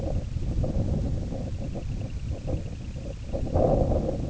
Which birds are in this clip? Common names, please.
Semipalmated Sandpiper